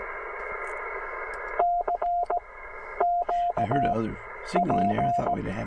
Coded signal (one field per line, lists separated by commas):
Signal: Morse code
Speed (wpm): 17 wpm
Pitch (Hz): 700 Hz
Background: speech, radio noise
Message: CQ P